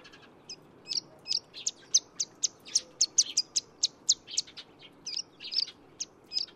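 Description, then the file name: Plain prinia calls: a rapid series of short, high, sharp chirps, repeated steadily for several seconds over a faint low background hum. "褐頭鷦鶯"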